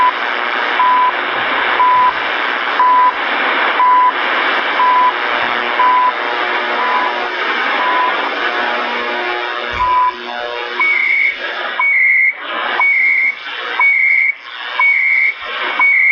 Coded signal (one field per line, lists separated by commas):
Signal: radio time signal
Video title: Tuning the shortwave bands December 23rd 2016